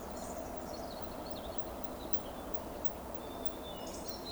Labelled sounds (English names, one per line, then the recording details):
Eurasian Woodcock whistle
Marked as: whistle, whistle
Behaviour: display flight
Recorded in Baden-Württemberg, Germany, on 12 June 2020 at 20:16 UTC
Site 14569, 102 m above sea level